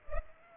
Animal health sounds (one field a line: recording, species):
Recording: mosquito wingbeat signal from an infrared sensor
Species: Culex pipiens